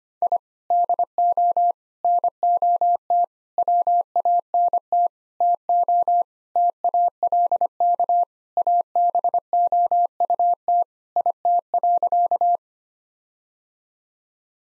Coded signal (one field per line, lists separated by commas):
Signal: Morse code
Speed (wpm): 25 wpm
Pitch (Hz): 700 Hz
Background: none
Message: I DO NOT WANT TO TALK ABOUT IT.